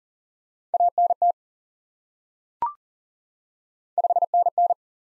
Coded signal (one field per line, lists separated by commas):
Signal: Morse code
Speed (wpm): 37 wpm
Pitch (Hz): 700 Hz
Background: none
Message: ANT 5NN